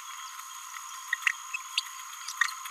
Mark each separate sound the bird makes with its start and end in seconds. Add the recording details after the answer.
1.13-1.15, 1.27-1.31, 1.54-1.56, 1.78-1.80. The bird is a male. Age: 29 days. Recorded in a nest box in Venezuela. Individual 17B31A1